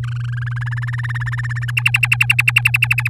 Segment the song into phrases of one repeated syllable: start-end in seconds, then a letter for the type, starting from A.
0.03-0.49 A, 0.51-1.71 B, 1.77-3.08 C